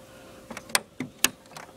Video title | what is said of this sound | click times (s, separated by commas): How to Upgrade the RAM on your iMac G3 | you heard both sides click make sure they're both in place | 0.7 s, 1.2 s